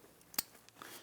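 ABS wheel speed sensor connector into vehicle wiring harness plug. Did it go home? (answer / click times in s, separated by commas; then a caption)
yes / 0.4 s. The plastic electrical connector of a front ABS wheel speed sensor on a 2009-2017 Volvo XC60 is pushed down and onto its mating wiring harness plug. A few faint ticks are followed by one sharp, bright click at 0.4 s, then softer small ticks. The connector locks into place and is seated.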